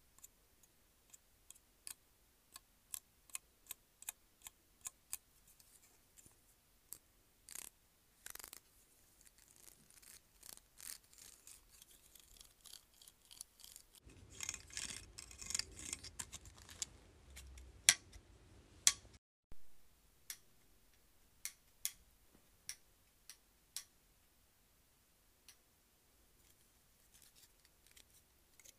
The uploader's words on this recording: ASMR Claw Clip.